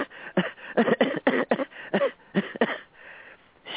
A mechanical cough will be drier and shorter. There's some irritation, which is a non-infected irritation.